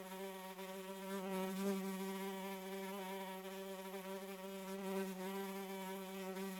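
Fly droning continuously, a low steady hum with stacked overtones, rising and falling gently in loudness.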